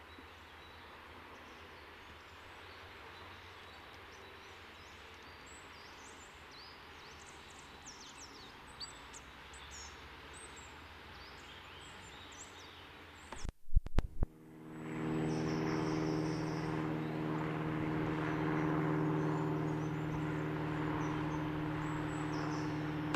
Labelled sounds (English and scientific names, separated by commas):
Great Tit (Parus major) song